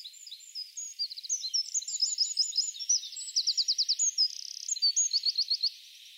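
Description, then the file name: Eurasian wren singing a fast, high-pitched run of chattering notes and buzzy trills that rattles on for about five and a half seconds. "Troglodytes troglodytes"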